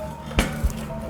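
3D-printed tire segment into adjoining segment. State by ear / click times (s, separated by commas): seated / 0.4 s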